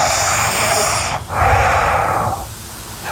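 Two heavy, hissing breaths through the nose with the mouth closed, an echoey, Darth Vader-like rush of air, also likened to a vacuum cleaner or a CPAP machine: loud nasal breathing in a sleeping adult, not snoring.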